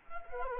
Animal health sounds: mosquito wingbeat signal from an infrared sensor; Culex quinquefasciatus

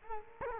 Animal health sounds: mosquito wingbeat signal from an infrared sensor; Culex quinquefasciatus

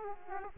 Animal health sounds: mosquito wingbeat signal from an infrared sensor; Aedes aegypti

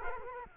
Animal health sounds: mosquito wingbeat signal from an infrared sensor; Culex quinquefasciatus

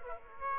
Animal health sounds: mosquito wingbeat signal from an infrared sensor; Aedes aegypti

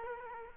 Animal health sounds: mosquito wingbeat signal from an infrared sensor; Culex quinquefasciatus

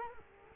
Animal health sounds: mosquito wingbeat signal from an infrared sensor; Culex quinquefasciatus

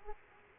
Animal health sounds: mosquito wingbeat signal from an infrared sensor; Aedes aegypti

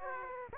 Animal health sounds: mosquito wingbeat signal from an infrared sensor; Aedes aegypti

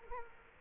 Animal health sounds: mosquito wingbeat signal from an infrared sensor; Culex quinquefasciatus

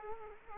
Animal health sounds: mosquito wingbeat signal from an infrared sensor; Culex quinquefasciatus

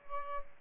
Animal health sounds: mosquito wingbeat signal from an infrared sensor; Aedes aegypti

